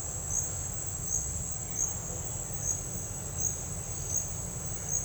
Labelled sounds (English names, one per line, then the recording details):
none
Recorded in dense forest near Puerto Asís, Putumayo, Colombia, on 20 December 2024 at 11:00
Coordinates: 0.468, -76.322
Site G071